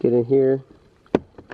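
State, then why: Released. Someone talks briefly, then fingers pry up the plastic console trim piece around the shifter, clipped into the center console of a 10th-gen Honda Civic. A sharp snap at 1.2 s marks its clip releasing, followed by a couple of fainter clicks. The trim piece is now loose.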